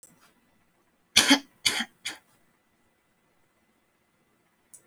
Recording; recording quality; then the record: shallow voluntary cough; excellent, no background noise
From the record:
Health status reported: healthy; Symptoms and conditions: cough, cold, breathing difficulty, muscle pain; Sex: female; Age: 21 years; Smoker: no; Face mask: not worn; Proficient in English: no